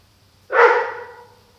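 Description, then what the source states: Dog giving a single harsh, loud bark that starts abruptly and fades over just under a second, otherwise quiet. Aggressive bark of an angry dog.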